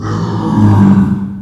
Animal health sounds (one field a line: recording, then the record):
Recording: squeal of a Yucatan mini pig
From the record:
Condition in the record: after surgery on the right vocal fold (resection and tissue-engineered implant)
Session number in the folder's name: 16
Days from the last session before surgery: 183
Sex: female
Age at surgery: 19 weeks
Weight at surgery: 25 kg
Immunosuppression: prednisolone